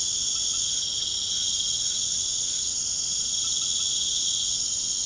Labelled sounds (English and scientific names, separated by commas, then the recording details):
none
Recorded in pastures near Puerto Asís, Putumayo, Colombia, on 30 June 2025 at 20:00
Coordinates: 0.497, -76.327
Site G040